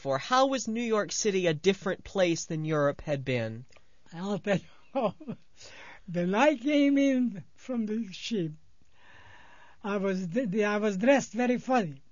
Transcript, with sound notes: How was New York City a different place than Europe had been?
Oh. (he laughs) When I came in from the ship, I was, I was dressed very funny.